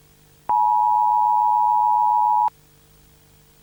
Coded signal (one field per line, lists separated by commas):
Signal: Emergency Alert System (SAME) tones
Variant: 853 and 960 Hz attention tone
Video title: EAS Scenario | Analog Horror (THE BOILED ONE)